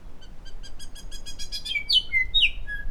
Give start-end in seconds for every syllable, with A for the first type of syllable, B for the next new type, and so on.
0.20-0.26 A, 0.44-0.50 A, 0.62-0.68 A, 0.78-0.84 A, 0.93-1.00 A, 1.10-1.17 A, 1.25-1.32 B, 1.38-1.44 B, 1.51-1.58 B, 1.64-1.82 C, 1.88-2.00 D, 2.08-2.24 E, 2.33-2.48 F, 2.65-2.84 G